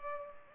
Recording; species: mosquito wingbeat signal from an infrared sensor; Culex pipiens